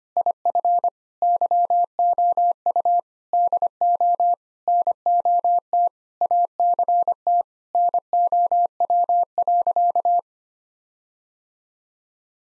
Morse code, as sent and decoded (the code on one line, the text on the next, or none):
.. ..-. / -.-- --- ..- / -.. --- / -. --- - / .- -.-. - / -. --- .-- .-.-.-
IF YOU DO NOT ACT NOW.